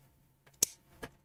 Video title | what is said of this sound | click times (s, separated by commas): Building a LEGO x Yugioh Dark Magician! | Boom. Beautiful click. | 0.6 s